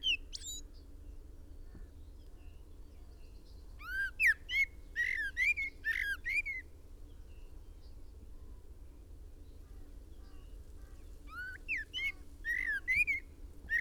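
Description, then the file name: Common blackbird delivering a run of rich, warbling whistles mixed with sharp high squeaks, then a quiet gap and a second burst, with low steady hum throughout. "Turdus merula"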